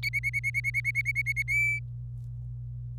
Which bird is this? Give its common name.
Domestic Canary